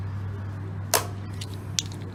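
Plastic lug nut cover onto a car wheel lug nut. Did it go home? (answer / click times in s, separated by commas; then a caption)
yes / 1.0 s, 1.8 s. Plastic lug nut covers from the hubcap kit are pushed by hand onto the lug nuts of a Tesla Model 3 stock 18-inch wheel, over a steady low hum. A sharp click at 1.0 s and another at 1.8 s show the covers seating on the lug nuts, with fainter ticks between them.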